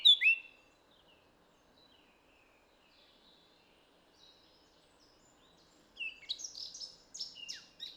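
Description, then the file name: Eurasian blackcap giving a sharp note, then a long quiet gap before a short burst of fast, scratchy warbling near the end. "Sylvia atricapilla"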